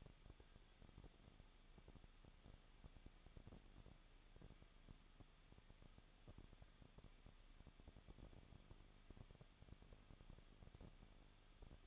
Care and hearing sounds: daily activity, microphone in the room; no activity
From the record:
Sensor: 4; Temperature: 23.0 degrees Celsius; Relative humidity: 34.5%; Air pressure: 1007.2 hPa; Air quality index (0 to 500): 216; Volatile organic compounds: 15 ppm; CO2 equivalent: 2505 ppm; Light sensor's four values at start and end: 2/3/1/1 and 2/3/1/1

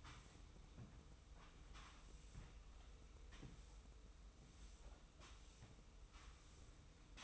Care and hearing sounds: daily activity, microphone in the room; sweep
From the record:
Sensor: 1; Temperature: 25.3 degrees Celsius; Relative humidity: 44.0%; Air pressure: 990.5 hPa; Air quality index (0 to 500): 177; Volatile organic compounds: 1000 ppm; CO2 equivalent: 6527 ppm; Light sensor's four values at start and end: 29/68/29/32 and 29/68/29/32

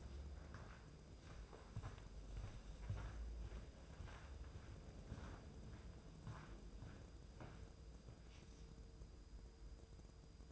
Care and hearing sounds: daily activity, microphone in the room; walk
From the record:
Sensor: 2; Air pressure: 995.8 hPa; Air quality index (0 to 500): 245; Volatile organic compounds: 1000 ppm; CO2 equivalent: 6047 ppm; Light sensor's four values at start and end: 31/75/33/36 and 34/80/35/39

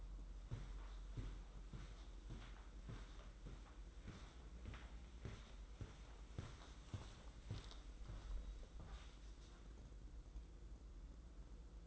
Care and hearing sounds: daily activity, microphone in the room; walk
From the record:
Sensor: 3

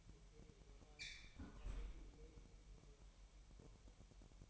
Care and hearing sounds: daily activity, microphone in the room; close fridge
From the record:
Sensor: 1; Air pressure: 1002.0 hPa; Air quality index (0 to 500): 238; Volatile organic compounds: 44 ppm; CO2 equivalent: 3212 ppm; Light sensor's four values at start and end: 8/28/10/11 and 8/28/10/11

